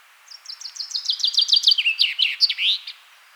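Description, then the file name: Common chaffinch delivering a single song: evenly spaced high notes that speed up and descend into a rattle, finishing with a short twisting end note. "Fringilla coelebs"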